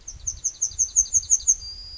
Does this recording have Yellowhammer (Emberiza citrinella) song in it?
yes